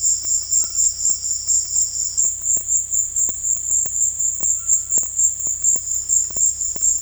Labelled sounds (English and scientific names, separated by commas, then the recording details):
Silvered Antbird (Sclateria naevia), White-throated Toucan (Ramphastos tucanus)
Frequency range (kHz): Silvered Antbird (Sclateria naevia) 4.0-6.0 kHz; White-throated Toucan (Ramphastos tucanus) 0.6-3.5 kHz
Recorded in dense forest near Puerto Asís, Putumayo, Colombia, on 18 February 2024 at 16:30
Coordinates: 0.487, -76.319
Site G6403